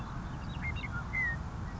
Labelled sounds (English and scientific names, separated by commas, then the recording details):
Western Meadowlark (Sturnella neglecta)
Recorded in Sonoma County, California